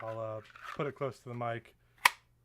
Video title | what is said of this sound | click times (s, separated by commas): 3D Thursday Live 10-20-22 | boom hear that snap so fits beautifully | 2.1 s